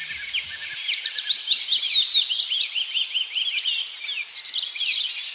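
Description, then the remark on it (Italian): A busy chorus of high, bright bird chirps and twitters overlaps continuously, with quick rising and falling notes tumbling over each other at a steady, moderate loudness. No voices. “Il cinguettio di Twitter.”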